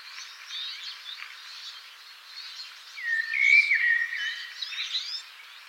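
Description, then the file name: Common blackbird giving one short phrase of fluty whistles with a sliding drop, set against a steady hum of twittering birds. "Turdus merula"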